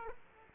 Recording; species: mosquito wingbeat signal from an infrared sensor; Aedes aegypti